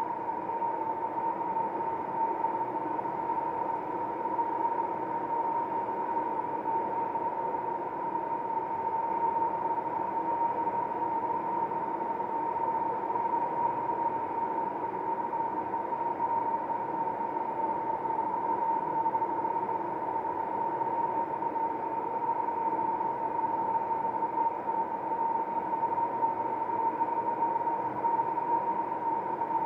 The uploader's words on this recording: Calming Continuous Whistling Wind.